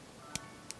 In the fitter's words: double jointed knees, and they lock into place. They kind of like click,